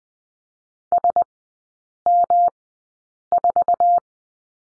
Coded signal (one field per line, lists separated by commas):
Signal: Morse code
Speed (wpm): 20 wpm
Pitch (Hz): 700 Hz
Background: none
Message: SM4